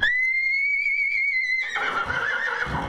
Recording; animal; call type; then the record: contact call of a hoofed animal; horse; whinny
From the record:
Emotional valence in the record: negative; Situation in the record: group separation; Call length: 2.9 s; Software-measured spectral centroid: 2100 Hz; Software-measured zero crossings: 3700 a second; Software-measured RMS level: -24 dBFS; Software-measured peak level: -10 dBFS